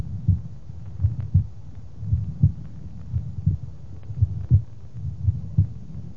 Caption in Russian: Второй тон на легочной артерии при митральной недостаточности усилен, акцентирован.